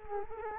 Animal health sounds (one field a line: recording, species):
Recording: mosquito wingbeat signal from an infrared sensor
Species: Culex quinquefasciatus